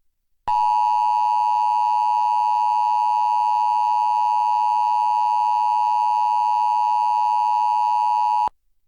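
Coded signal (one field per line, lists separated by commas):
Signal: Emergency Alert System (SAME) tones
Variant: 853 and 960 Hz attention tone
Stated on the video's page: Required Weekly Test relayed by a public TV station, captured from the station's online live stream.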